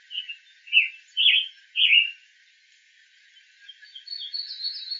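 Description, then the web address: Tanager calls: four short burry notes around half a second apart, then softer, higher chattering notes toward the end. Hybrid tanager, recorded on 21 April 2012. "Tanagers. FCTAhybrid Woodley 042112"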